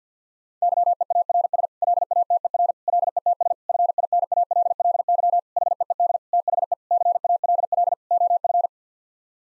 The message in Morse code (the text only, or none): YEARS LATER LETS FINALLY HEED THE CALL OF